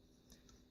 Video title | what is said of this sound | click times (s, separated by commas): Initial Thoughts: Sentinel Prime with Autobot Infinitus | and after you work it together you'll hear a nice snap | 0.3 s, 0.5 s